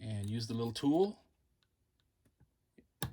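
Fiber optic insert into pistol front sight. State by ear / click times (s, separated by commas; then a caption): seated / 3.0 s. Someone talks, then after a short quiet stretch with a few faint ticks, a red fiber optic insert is pushed from the back into a Canik pistol front sight with a small tool. It seats with a sharp click at 3.0 seconds.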